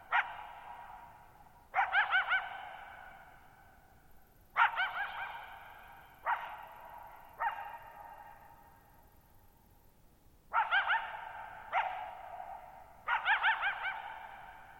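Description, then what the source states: Coyote calling repeatedly with sharp barks and quivering yip bursts, a pause midway, every call ringing out in long echoes against a very quiet background. Lone coyote at night, July 14, 2019, Thirtymile Meadows, Okanogan National Forest, Okanogan High Country, Pacific Northwest, 6400 ft (1950 m); high dry plateau, shallow-bowl meadow.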